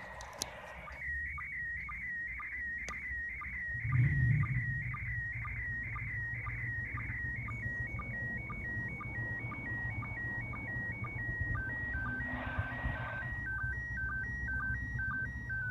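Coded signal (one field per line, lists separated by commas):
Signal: SSTV (slow-scan television)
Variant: PD 120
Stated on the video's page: SSTV from the International Space Station, received on a radio scanner.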